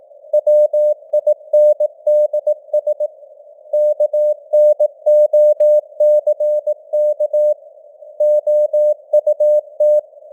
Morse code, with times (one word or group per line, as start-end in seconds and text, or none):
0.3-3.1 WINDS
3.7-7.5 KNOCK
8.2-10.0 OUT